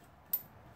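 A fuel line quick-connect coupling on a 1997 Ford Mustang is slid onto its fuel rail fitting and pushed until it clicks home. A single sharp, short click rings out at 0.3 s over a quiet low background. The coupling is seated.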